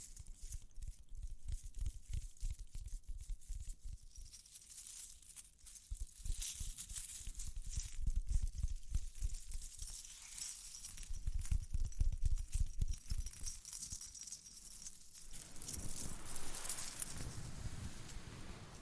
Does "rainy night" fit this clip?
no